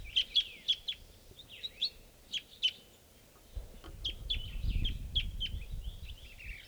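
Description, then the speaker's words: Crossbill calls: sharp, high, clipped notes repeated in quick irregular bursts, with a few softer chirps between them and low rumbling noise in the second half. Crossbill calling a lot from the treetops at 7:54, near a water hole where birds were being netted. "So we're coming at 7:54 now, and there's a bird, crossbill, calling a lot from the treetops here."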